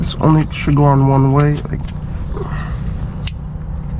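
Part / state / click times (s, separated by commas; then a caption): wiring harness connector into front axle disconnect actuator / seated / 3.3 s. A wiring harness connector is pushed back onto the front axle disconnect actuator of a 2011–23 Dodge Charger AWD while someone talks. There is a softer bump at about 2.4 s, then one sharp click at 3.3 s. The connector seats and does not move.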